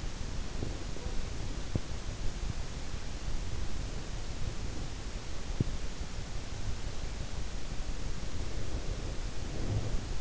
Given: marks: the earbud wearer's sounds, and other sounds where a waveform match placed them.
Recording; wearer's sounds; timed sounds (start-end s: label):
sounds in sleep by an in-ear microphone; breath
0.00-1.61 s: breath
8.43-10.21 s: breath